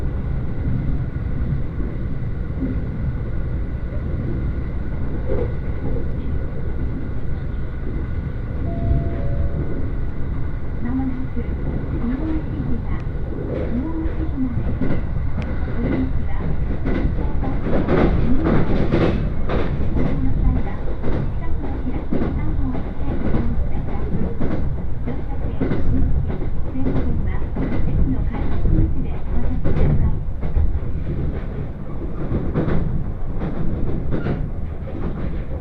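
A ride inside a crowded train car on the Uetsu Main Line between Ugo-Honjo and Akita. A steady low rumble runs throughout, with faint voices mixed in. From about thirteen seconds on, sharp clacks and knocks from the wheels come thick and fast.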